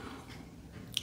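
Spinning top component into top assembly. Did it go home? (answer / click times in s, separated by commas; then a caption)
yes / 1.0 s. A plastic part of a Beyblade X spinning battle top is dropped into the top assembly; it needs no twist to lock and simply plops into place. After quiet, low background rumble, a single sharp plastic knock at 1.0 s marks the part seating.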